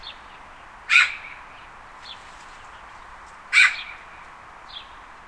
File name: pie chant son oiseau